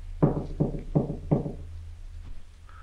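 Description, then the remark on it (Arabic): Four firm, evenly spaced knocks by a night visitor on the wooden door of al-Shafi'i's house, after the Isha prayer, each a dull, resonant thud, followed by quiet with a faint low hum underneath. “وذات ليلة بعد صلاة العشاء سمع الشافعي زائرا يطرق باب بيته.”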